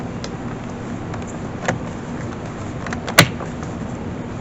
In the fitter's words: Nice click, nice and smooth.